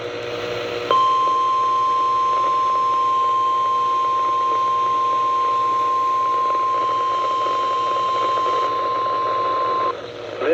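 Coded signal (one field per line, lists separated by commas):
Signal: Emergency Alert System (SAME) tones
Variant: 1050 Hz attention tone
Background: speech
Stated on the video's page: Required Weekly Test from the St. Louis weather office on weather radio transmitters KXI70, KXI42 and KDO89.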